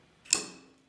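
Pushing the trip pin on a horizontal milling machine's power feed releases the latch lever, letting the worm gear drop out of engagement. A soft onset at 0.26 s leads into a sharp metallic clack at 0.3 s that rings and fades over about half a second. The feed is released and disengaged.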